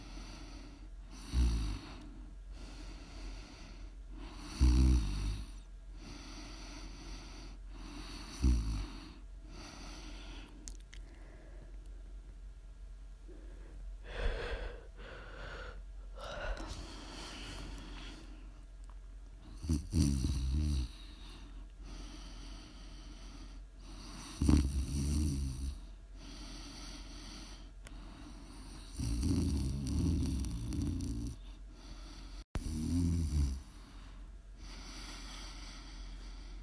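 Snoring, with loud rough breaths at roughly four-second intervals near 1, 5, 8, 14, 20, 24, 30 and 33 seconds, some longer and rattling, others short snorts. Between breaths a steady low hum and faint hiss carry on underneath.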